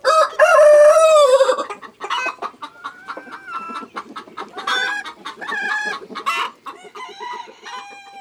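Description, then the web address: Chickens: a rooster gives a loud, wavering crow at the start, followed by a run of short clucks. Hens and roosters on a farm. "Poules-et-coqs, un-jour-a-la-ferme"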